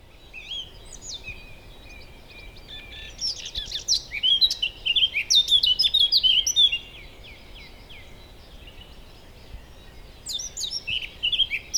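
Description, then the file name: Eurasian blackcap song: a soft rambling warble rises into a loud, fast run of fluty whistles and chattering notes, then a pause and a fresh phrase begins. "Sylvia atricapilla"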